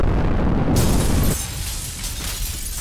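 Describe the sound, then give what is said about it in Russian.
A loud, roaring explosion at a school building bursts with heavy low-end rumble, then breaks into a hissing, crackling wash of debris that slowly fades over a few seconds. No voices are heard. “Взрыв прогремел в момент, когда из окон школы в панике начали выскакивать люди.”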